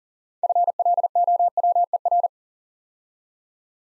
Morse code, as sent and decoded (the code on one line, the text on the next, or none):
..-. .-.. --- .-- . .-.
FLOWER